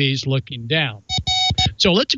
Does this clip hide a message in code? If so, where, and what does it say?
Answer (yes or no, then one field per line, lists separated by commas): no